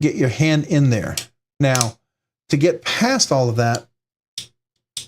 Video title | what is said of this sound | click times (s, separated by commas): Join the livestream/giveaway Monday, May 6th @ 8-10 PM CT… starting 1 hour later! | there's a click there and there's a click there and it does hold in pretty well | 4.4 s, 5.0 s